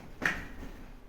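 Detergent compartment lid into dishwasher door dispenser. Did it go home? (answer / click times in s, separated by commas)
yes / 0.3 s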